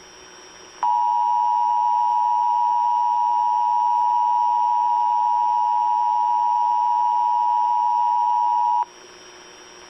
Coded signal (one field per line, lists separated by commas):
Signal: Emergency Alert System (SAME) tones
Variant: 853 and 960 Hz attention tone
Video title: EAS 3900!!!!!!!!!!!!! (EAS Alerts from 7/17/22)